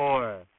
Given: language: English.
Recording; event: throat vibration sensor signal played as sound; speech